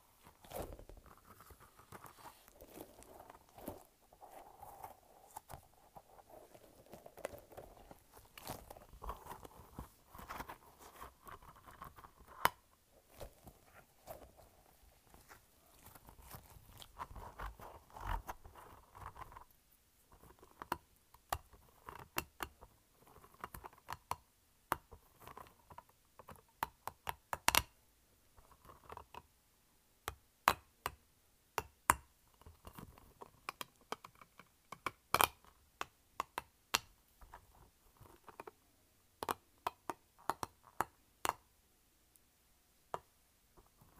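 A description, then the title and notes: A light-up ball is squished and shaken, giving a dense run of soft squeaky squishes through the first twenty seconds. After that the handling thins into sharp, separate clicks and taps that come irregularly, some quite loud, with near silence between them. Squishing and Shaking a Light-Up Ball.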